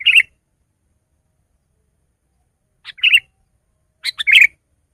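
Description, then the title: Sooty-headed bulbul song: three short bubbly phrases, the first alone, then two more after a long pause, the last a quick double note. "kutilang"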